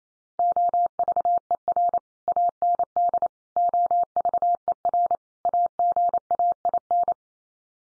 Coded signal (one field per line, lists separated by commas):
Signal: Morse code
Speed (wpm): 28 wpm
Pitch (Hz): 700 Hz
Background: none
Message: OVER AND OVER AGAIN